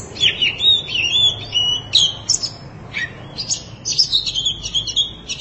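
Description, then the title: Oriental magpie-robin song: a quick sequence of whistled and scratchy notes and rising and falling slurs, with a short lull midway. "Kacer Durasi Panjang"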